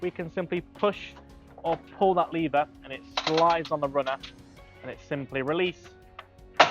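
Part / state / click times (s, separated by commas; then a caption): pulley carriage locking pin into the cable machine's adjustment runner / seated / 6.6 s. Someone talks while the yellow lever on a cable machine's pulley carriage is squeezed and the carriage slides along the steel runner. When the lever is released, the spring pin locks into a hole in the runner with a sharp metallic click at 6.6 s, seating the carriage in place.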